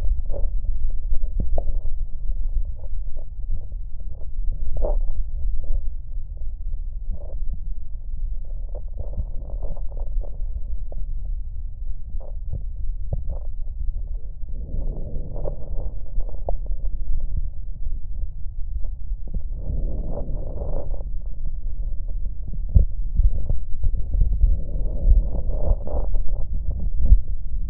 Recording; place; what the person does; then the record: lung sounds by stethoscope; left posterior basal chest; quiet breathing, then deep breathing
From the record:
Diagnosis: none (healthy); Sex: male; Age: 30 years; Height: 190 cm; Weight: 88 kg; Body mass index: 24.4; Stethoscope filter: extended mode